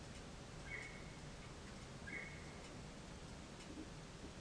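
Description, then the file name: Deer calls: two short, flat whistled notes about a second and a half apart, over a steady low background hiss. Recorded 22 November 2023 at 19:39. "deer 231122 1939"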